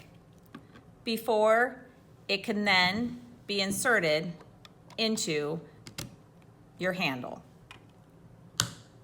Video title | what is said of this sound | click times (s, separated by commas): How to use the Liger HTU-110 Thermocoagulator | you must hear a click | 8.6 s